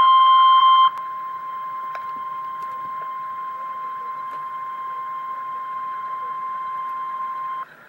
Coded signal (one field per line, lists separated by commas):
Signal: Emergency Alert System (SAME) tones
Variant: 1050 Hz attention tone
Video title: REAL EAS 965-Severe thunderstorm warning